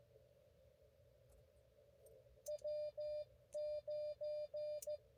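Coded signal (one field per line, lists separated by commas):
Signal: Morse code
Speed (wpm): 16 wpm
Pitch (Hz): 590 Hz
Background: none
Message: W9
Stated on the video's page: Multi-day, multi-park POTA activation run across five parks.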